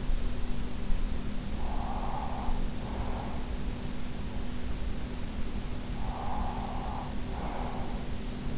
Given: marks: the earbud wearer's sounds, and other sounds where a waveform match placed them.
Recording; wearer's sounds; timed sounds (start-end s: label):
sounds in sleep by an in-ear microphone; breath
1.40-3.95 s: breath
5.89-8.57 s: breath